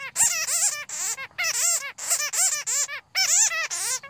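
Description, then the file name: Bat chatter of high, quavering squeaks in quick bursts, each note bending up and down, with short silent gaps between volleys. "Tieng doi keu"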